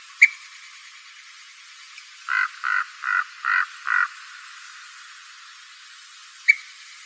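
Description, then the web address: Ash-throated flycatcher calls: a series of five short, burry notes in quick, even succession, with sharp clicks before and after. Calls, Arizona. "Flycatchers. ATFL CALLS deviche"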